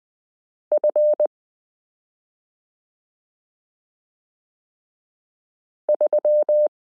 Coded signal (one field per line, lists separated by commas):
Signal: Morse code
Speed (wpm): 20 wpm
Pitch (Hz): 600 Hz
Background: none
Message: F 3